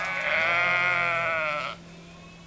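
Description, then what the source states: Sheep giving a single long, loud, quavering bleat that stops abruptly, followed by a low steady hum. Hungry sheep.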